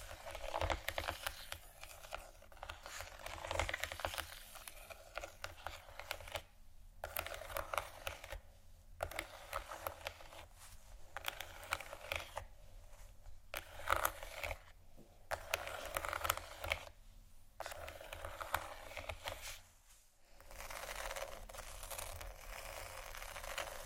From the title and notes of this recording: ASMR 31 Scratching Triggers For Your Tingles（No Talking）.